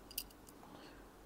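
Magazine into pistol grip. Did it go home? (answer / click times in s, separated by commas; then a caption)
yes / 0.2 s. A BB/CO2 magazine is pushed into the metal grip of a Remington 1911 RAC CO2 BB pistol to load it. A faint tick comes just before one sharp click at 0.2 s, and another soft tick follows near 0.5 s. The magazine seats and the pistol is loaded.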